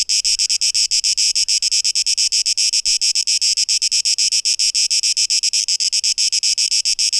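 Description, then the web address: Cicada song, a harsh high buzz pulsing steadily about four times a second. Cicadas, 12 August 2023. "rauschpartikel Audio 2023-08-12 Zikaden (Tape Echo Mix)"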